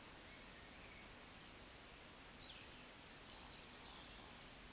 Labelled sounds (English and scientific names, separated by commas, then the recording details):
Eurasian Woodcock (Scolopax rusticola) whistle, Eurasian Woodcock (Scolopax rusticola) croak
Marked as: whistle, croak, whistle
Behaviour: display flight
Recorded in Baden-Württemberg, Germany, on 2 June 2021 at 19:26 UTC
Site 25832, 648 m above sea level